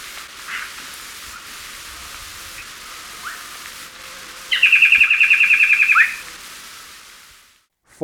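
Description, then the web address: Rufous antpitta call: a fast series of about a dozen clear, evenly spaced whistled notes lasting over a second, after several seconds of quiet hiss with a few faint chips. Recorded in Ecuador. "Birds of Ecuador 2. Rufous Antpitta"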